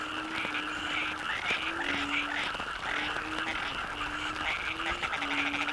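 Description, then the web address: Frog chorus: repeated low droning notes beneath higher chirping pulses, with a constant wash of calling. Frogs in the Cherating wetlands, Malaysia; a wetland soundscape. "yamaha frogs cherating wetlands. soundscape malaysia"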